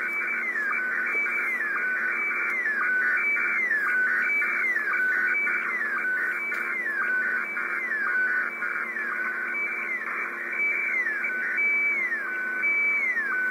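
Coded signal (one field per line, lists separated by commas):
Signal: SSTV (slow-scan television)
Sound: continuous warbling, buzzy tones between mid and high pitch, with a repeating gliding whistle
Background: radio static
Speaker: и на этот же приёмник вот включаем на [музыка] передачу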